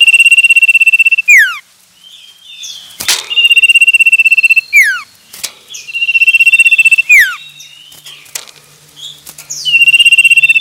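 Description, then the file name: Common iora song: long, even high whistles, each closing with a quick downward slur, repeated four times with chirps and clicks between. Male. "suara burung cipoh jantan"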